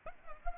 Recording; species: mosquito wingbeat signal from an infrared sensor; Culex pipiens